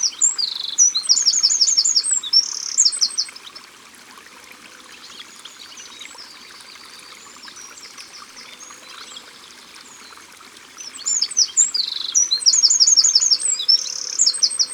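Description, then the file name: Eurasian wren singing loud high rattling trills and sharp notes, a burst at the start, a long quiet stretch with faint background calls, then another vigorous burst. Sung at the water's edge. "Troglodyte mignon Au bord de leau"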